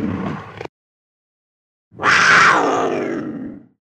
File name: puma